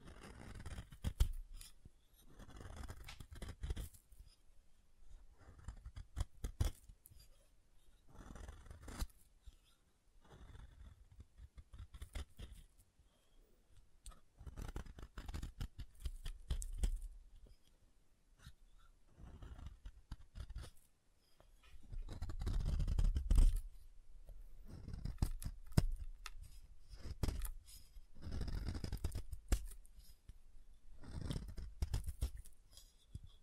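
Soap being tapped and carved, with irregular crisp scraping and snipping cuts, dense clusters of soft thuds near 23 and 28 seconds.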